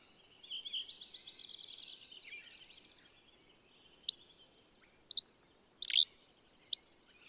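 Bird song: a fast high buzzy trill lasting about two and a half seconds, then four sharp, separate slurred chip notes spaced roughly a second apart.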